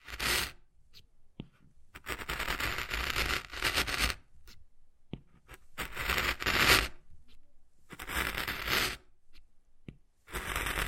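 Wood carving sounds come in rough scratching strokes, each lasting about one to two seconds, separated by short silences. Sharp single taps fall between the strokes, near the one-, five- and ten-second marks. The scraping is bright and gritty, with a dull low rumble underneath.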